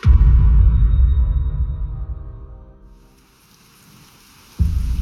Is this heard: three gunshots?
no